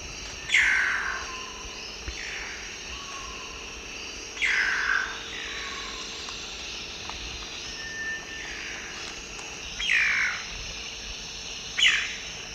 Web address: Natures Songs S America Eastern Lowlands. Frederickena unduligera, calls separated pair